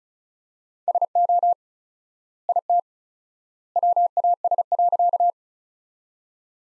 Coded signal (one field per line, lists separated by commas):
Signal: Morse code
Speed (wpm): 34 wpm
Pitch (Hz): 700 Hz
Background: none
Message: SO IT WAS.